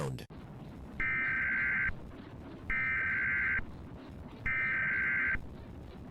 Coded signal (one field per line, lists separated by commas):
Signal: Emergency Alert System (SAME) tones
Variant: header bursts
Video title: The Interesting EAS Corner of Youtube